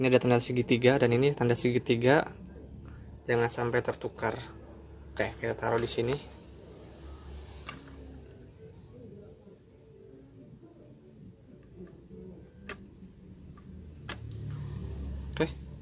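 An AMD A10 7800 desktop processor, replacing an AMD A4 5300, is set into the CPU socket of an Asrock FMA68M-DG3+ motherboard after the triangle mark on the chip is lined up with the triangle mark on the socket. Someone talks for the first six seconds, then quiet handling follows with a few short, sharp ticks around 7.7, 12.7, 14.1 and 15.4 seconds. The clip ends before the processor goes home, so nothing has seated or clicked yet.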